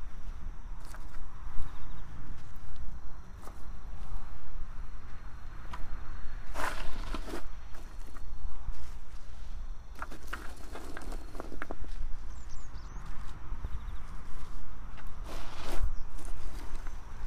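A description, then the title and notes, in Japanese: Garlic being planted one clove at a time, with soil scraped and pressed over each. Short crunchy scuffs come every few seconds, clustering around 7, 10–11 and 16 seconds, over a steady low rumble and a faint thin high insect-like tone. 秋の、日が暮れ始めた16時過ぎ、ニンニクの定植。穴あきマルチに棒で穴を開け、1片ずつニンニクを入れたあと、土をかけていく。秋の夕方 ニンニクの定植。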